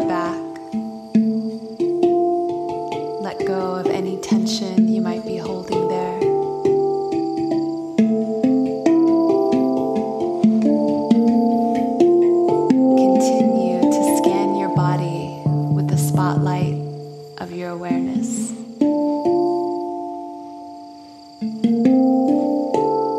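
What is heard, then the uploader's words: Hang drum, bamboo chimes and bells ring out in a gentle, overlapping stream of soft struck notes, each sustaining and fading. A steady high tone hums throughout, bright chime clusters sparkle around the middle, and the notes thin briefly near the end before resuming. The Hang drum, the Native American Flute, Balinese Cowbells, Tibetan Singing Bowls, Koshi Bamboo Chimes, & A Therapeutic Lap Harp.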